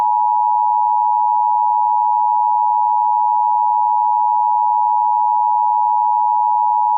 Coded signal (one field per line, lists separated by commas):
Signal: Emergency Alert System (SAME) tones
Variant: 853 and 960 Hz attention tone